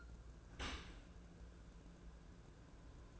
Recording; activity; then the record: daily activity, microphone in the room; open dishwasher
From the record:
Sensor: 2